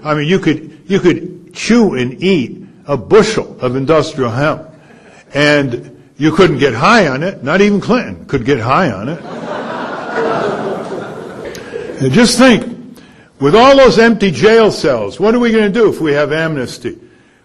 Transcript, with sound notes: I mean, you could chew and eat a bushel of industrial hemp and you couldn't get high on it, not even Clinton could get high on it. [laughter] And just think, with all those empty jail cells, what are we going to do if we have amnesty?